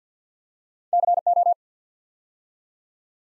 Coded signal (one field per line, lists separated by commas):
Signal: Morse code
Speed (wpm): 48 wpm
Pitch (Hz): 700 Hz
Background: none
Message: CO